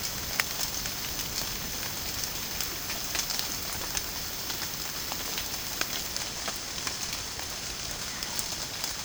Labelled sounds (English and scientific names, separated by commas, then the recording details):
none
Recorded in dense forest near Puerto Asís, Putumayo, Colombia, on 29 June 2025 at 13:30
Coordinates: 0.486, -76.317
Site G065